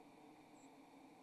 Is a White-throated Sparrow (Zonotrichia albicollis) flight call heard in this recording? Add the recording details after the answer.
yes. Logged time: 08:28 on 28 November 2014